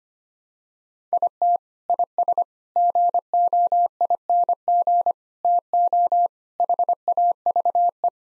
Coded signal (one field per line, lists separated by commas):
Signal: Morse code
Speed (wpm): 25 wpm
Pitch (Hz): 700 Hz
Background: none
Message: IT IS GOING TO HAVE